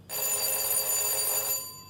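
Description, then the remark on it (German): A doorbell at the door rings in one steady, unbroken burst lasting over a second and a half, a bright, shrill metallic tone that stops abruptly, with no voices around it. “Da ist jemand an der Tür. Schau mal nach, wer es ist.”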